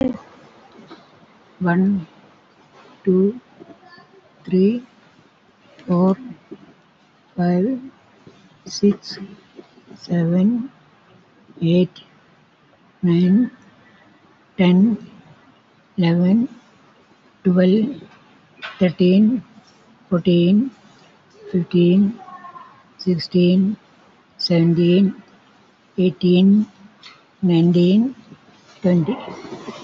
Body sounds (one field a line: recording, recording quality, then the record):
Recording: counting at a normal pace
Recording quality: excellent, no background noise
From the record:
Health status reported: COVID-19 positive, mild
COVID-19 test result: positive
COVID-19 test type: RT-PCR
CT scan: taken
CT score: 5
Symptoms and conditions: cough, breathing difficulty, sore throat, fatigue, muscle pain, loss of smell and taste, hypertension, another condition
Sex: female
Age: 75 years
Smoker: no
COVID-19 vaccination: both doses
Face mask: not worn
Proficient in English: yes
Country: India